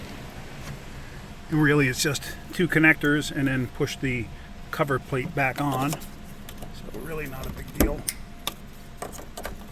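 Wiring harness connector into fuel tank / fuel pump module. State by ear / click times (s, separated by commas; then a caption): seated / 8.5 s. Someone talks while a plastic wiring harness electrical connector, the first of two on top of a just-installed fuel tank, is pushed onto the fuel pump module. It latches with a sharp, audible click at 8.5 s, confirming it is seated.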